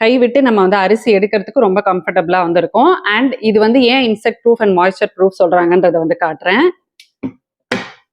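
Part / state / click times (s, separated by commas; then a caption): lid onto a plastic rice storage container / seated / 7.7 s. Someone talks for most of the clip, then presses the lid down onto a plastic rice storage container. A couple of soft taps at 7.0 and 7.2 seconds lead to a sharp snap at 7.7 seconds as the lid locks shut, making it airtight.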